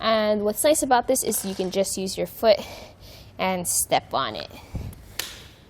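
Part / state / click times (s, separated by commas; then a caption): self-tensioning lever on a snow tire chain fitted to a car wheel / partly seated / 5.2 s. A foot presses down the self-tensioning lever of a Konig Easy Fit snow tire chain fitted to the wheel of a 2021 Toyota Highlander, with the cable set completely behind the tire. Someone talks, then the lever gives a sharp click at 5.2 s as it catches its first notch. The lever has not yet gone all the way to the bottom.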